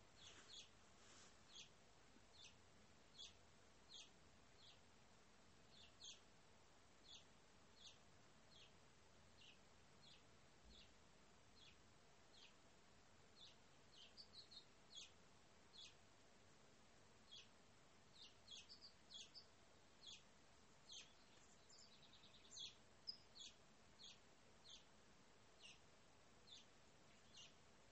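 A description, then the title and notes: Birds chirp in a backyard, short high calls repeating steadily throughout, with a few busier bursts around the middle and near 23 seconds. The chirps sound light. A soft, constant low hum of outdoor noise sits underneath. Birds Chirping. Enjoy this peaceful recording of the sounds in my backyard.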